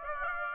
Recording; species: mosquito wingbeat signal from an infrared sensor; Aedes aegypti